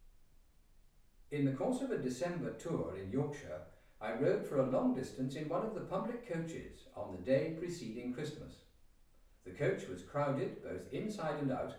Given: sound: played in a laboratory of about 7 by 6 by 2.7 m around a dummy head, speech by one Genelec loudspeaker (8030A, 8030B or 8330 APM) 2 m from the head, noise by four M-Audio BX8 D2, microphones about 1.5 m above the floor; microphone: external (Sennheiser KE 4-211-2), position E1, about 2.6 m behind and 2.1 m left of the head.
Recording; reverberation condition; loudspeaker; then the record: male speech in English; medium; 90 degrees to the right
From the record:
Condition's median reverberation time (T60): about 510 ms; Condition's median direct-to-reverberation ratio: about -0.5 dB